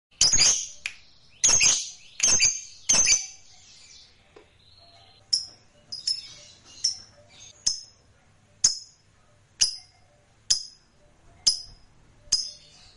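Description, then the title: Lovebird giving sharp, shrill squeaks, first in a few loud bursts, then a series of single short high calls. "Suara Lovebird"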